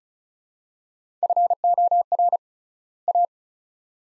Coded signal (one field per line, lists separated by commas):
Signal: Morse code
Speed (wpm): 34 wpm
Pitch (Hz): 700 Hz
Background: none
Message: FOR A